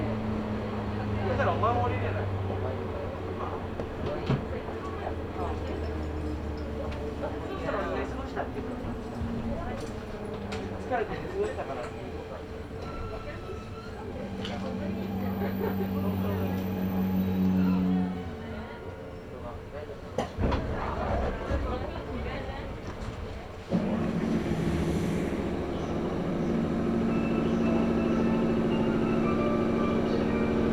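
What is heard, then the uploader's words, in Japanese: A local train on the Chuo East Line between Nirasaki and Higashi-Yamanashi rolls along with a steady low rumble and droning motor tones that rise and fall. Voices murmur throughout, a sharp knock comes near twenty seconds, and the hum grows louder after twenty-four seconds. 中央東線 普通 韮崎→東山梨。韮崎を出てもまだ下り続けて甲府盆地に入ります。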